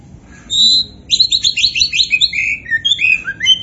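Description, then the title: Oriental magpie-robin song opening with a sustained whistle, then a quick sequence of chirps and downslurred whistled notes, high and varied. Singing strongly (gacor). "Kacer Poci"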